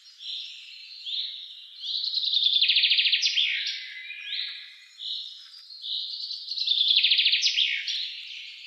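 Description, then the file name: Common chaffinch singing two rattling, descending phrases with flourished ends, separated by quieter whistled notes. "Fringilla coelebs"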